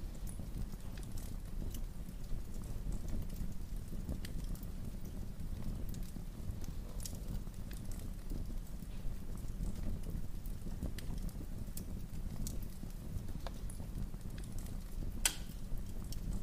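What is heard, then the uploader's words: A fireplace burns with a steady low rumble and roar underneath. Sharp crackles and pops land irregularly every second or so, a few louder snaps standing out near seven and fifteen seconds. The level stays even throughout. Fireplace Crackling.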